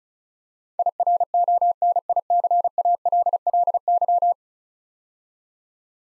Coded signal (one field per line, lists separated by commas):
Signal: Morse code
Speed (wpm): 36 wpm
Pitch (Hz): 700 Hz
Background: none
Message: IRONICALLY